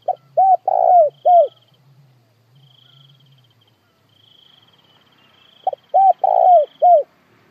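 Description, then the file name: Spotted dove coo phrases of quick short notes and a long falling coo, two phrases separated by a pause, a thin steady cricket trill throughout. Calling to gather the flock. "Tieng cu gay goi bay"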